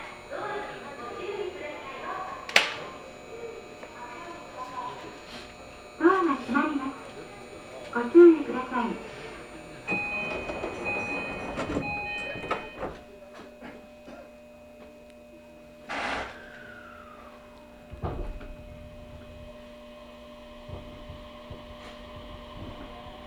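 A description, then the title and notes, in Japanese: Inside a train on the Kagoshima Main Line and Chikuho Main Line, running from Kyushu Institute of Technology Station through Orio to Honjo. Voices talk on and off over a low steady rumble with faint tones. A sharp bang comes near three seconds, and a bright hissing sweep near sixteen. 鹿児島本線・筑豊本線 九州工大前→折尾→本城。北九州市内の工業地帯を行くので貨物用の側線が多く並んでいて。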